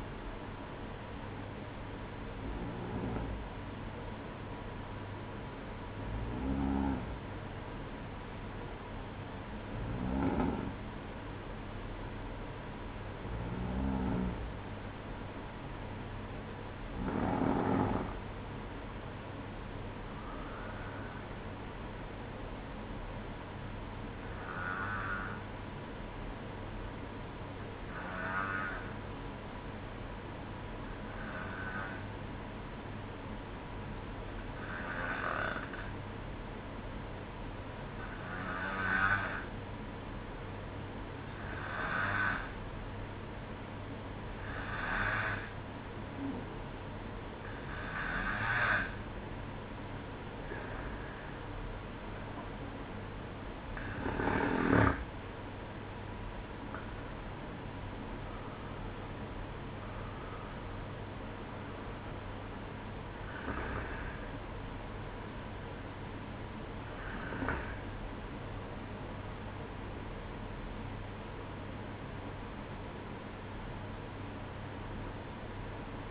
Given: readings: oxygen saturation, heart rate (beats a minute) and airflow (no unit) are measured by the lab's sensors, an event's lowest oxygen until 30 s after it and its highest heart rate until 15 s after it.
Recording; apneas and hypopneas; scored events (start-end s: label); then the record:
breathing in sleep by a voice recorder at the bedside; 1
31.00-47.30 s: hypopnea (N2, oxygen 94% highest, then 91% lowest, heart rate 61 at the start, 67 highest)
65.00-76.11 s: new sleep stage, N1 (lightest sleep)
From the record:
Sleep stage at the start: N2 (light sleep); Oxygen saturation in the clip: 91 to 95%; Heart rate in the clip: 59 to 71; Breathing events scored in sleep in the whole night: 305 in 9.6 hours asleep